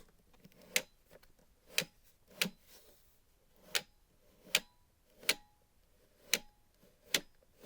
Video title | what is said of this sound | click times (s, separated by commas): Unboxing - Black & Decker Car Vacuum - ASMR | you can hear it has a nice solid clicking sound into each one of these positions | 0.8 s, 1.8 s, 4.5 s, 5.3 s, 6.3 s, 7.1 s